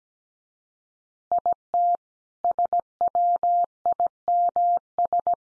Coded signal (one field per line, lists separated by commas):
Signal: Morse code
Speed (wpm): 17 wpm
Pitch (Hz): 700 Hz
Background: none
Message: IT SWIMS